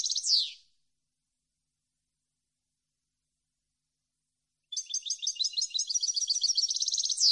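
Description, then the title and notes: European goldfinch song: a buzzy downslurred note, several seconds of quiet, then a quick series of high tinkling repeated notes building to a trill. Clean goldfinch song from a CD intended for song copying and training. "Cd Jilguero. Cd de canto de jilguero limpio para copia"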